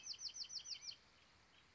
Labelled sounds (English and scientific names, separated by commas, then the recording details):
Bewick's Wren (Thryomanes bewickii)
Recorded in Sonoma County, California